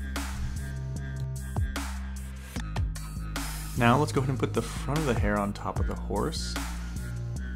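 The front hair piece of a plastic/resin collectible horse statue is handled and brought onto the top of the horse while someone talks over steady background music with light handling knocks. Nothing has seated or clicked into place yet.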